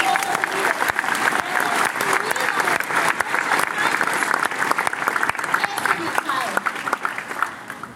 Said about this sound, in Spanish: Tenemos de la mano en nuestra región a los esmeraldas, a los platinos, a sus líderes platas y oros, para quienes pido un fuerte aplauso para estos.